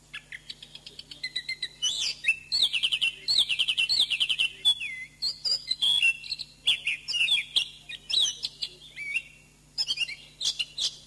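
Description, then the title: Oriental magpie-robin song: a rich, varied run of whistled and buzzy phrases, some rising and falling, with rapid chattering notes between, continuing almost without pause; faint steady hum beneath. "Kicau Kacer"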